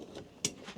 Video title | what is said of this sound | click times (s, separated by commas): Vanlife Rentals Carrie How To Step By Step | it clicks. That's the first stage. Second, | 0.5 s